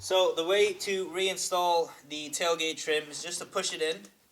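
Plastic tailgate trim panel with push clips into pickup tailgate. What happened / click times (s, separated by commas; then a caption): The trim panel has not seated yet; only talking is heard, with no click / none. A vinyl-wrapped plastic tailgate handle trim panel with push clips is handled as it is about to be pushed back into the tailgate of a 2018-2019 Ford F-150 pickup while someone talks. Nothing has seated or clicked yet in this clip.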